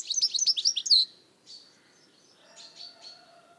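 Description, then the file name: European goldfinch delivers one fast, bright run of tinkling notes lasting about a second, followed by faint, softer chirps and a low faint tone. "Carduelis carduelis"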